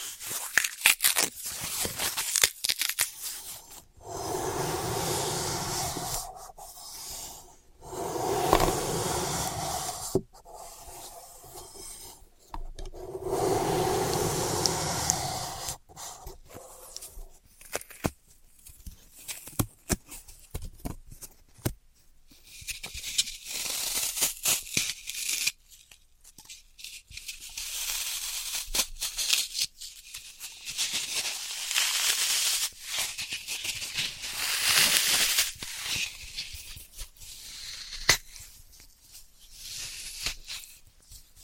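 Floral foam being worked: the first half has a few thick, rasping crushes lasting a second or two each, with full low body. Later the sounds turn thinner and hissier, a run of scratchy cuts and crumbling bursts with sharp clicks scattered between and short quiet gaps.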